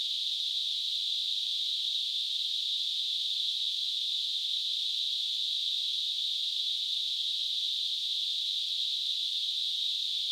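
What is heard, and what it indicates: Simulated tinnitus: a steady, continuous narrow-band hissing tone centered around 3 to 4 kHz. It stays unchanged throughout, with nothing below about 2 kHz.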